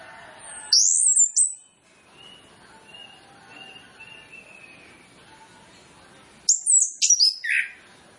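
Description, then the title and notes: Orange-headed Thrush song, two loud bursts of high, sharp, rapid notes separated by a quieter stretch of soft, thin whistles. Lure recording to make Orange-headed Thrushes sing quickly, full of varied filler phrases, used to prompt birds to sing openly. "Masteran Anis Kembang Full Isian Untuk Suara Pancingan Anis Kembang Agar Cepat Ngeplong. Suara Burung Anis Kembang"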